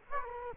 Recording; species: mosquito wingbeat signal from an infrared sensor; Culex quinquefasciatus